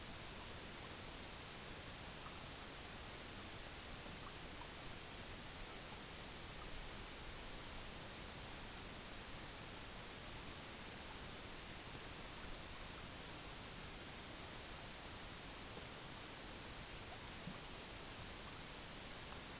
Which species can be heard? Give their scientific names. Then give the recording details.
none. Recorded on Arctic tundra, site EABA-MC, on 22 June 2019. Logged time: 18:00